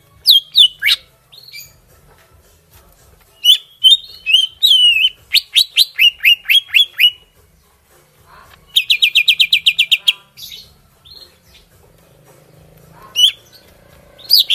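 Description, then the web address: Greater green leafbird song: loud varied phrases of sharp descending whistles and slurred notes, then a fast rapid trill of repeated chips near nine seconds, with pauses between bursts. Kalimantan. "cucak-ijo suara-cucak-ijo-kalimantan"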